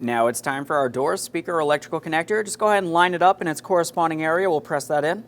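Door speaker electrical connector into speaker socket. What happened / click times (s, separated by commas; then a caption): Connector handled and lined up; no seating click yet / none. A door speaker electrical connector on a 2003-2008 Toyota Matrix is lined up with its speaker socket and about to be pressed in while someone talks. No click is heard, and nothing has seated or clicked yet.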